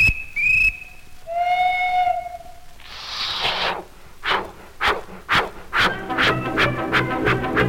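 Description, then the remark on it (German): A steam train departing Friedenau station gives two shrill, piercing whistle blasts, then a burst of hissing steam, followed by rhythmic chuffing that starts slowly and quickens as the engine pulls away. “Nehmen Sie mal den Koffer da weg. Fertig, Abfahrt.”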